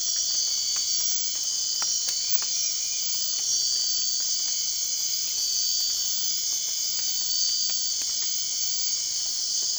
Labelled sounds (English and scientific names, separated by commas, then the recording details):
none
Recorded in dense forest near Puerto Asís, Putumayo, Colombia, on 24 March 2025 at 00:00
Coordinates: 0.499, -76.324
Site GP03